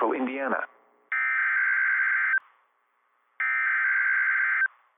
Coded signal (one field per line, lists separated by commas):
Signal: Emergency Alert System (SAME) tones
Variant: header bursts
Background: speech